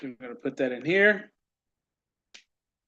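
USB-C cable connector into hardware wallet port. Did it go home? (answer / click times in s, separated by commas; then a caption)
yes / 2.4 s. Someone talks, then pushes a USB-C cable connector into the USB-C port of a crypto hardware wallet, the port exposed after peeling off a small piece of tape. A single sharp click is heard at 2.4 s as the connector seats in the port.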